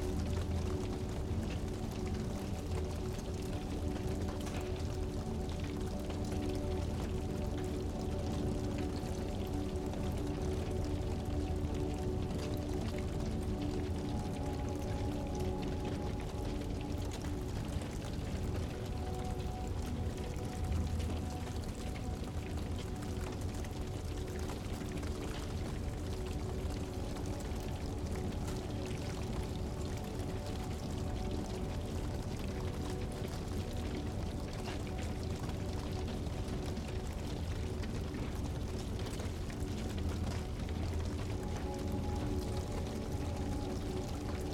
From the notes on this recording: the comforting crackling of fire blends with soft and enchanting music